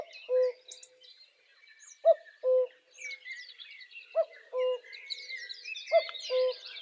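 Cuckoo giving repeated falling cu-coo pairs, roughly one pair every two seconds, with lively twittering of other birds throughout.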